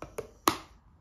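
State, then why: Seated. A magnetic plastic nozzle is brought to the front of a hair dryer and snaps onto it. Two faint taps at about 0.0 s and 0.2 s are followed by one loud, sharp snap at 0.5 s as the nozzle seats, and then the sound fades away. The nozzle is held firmly in place on the dryer.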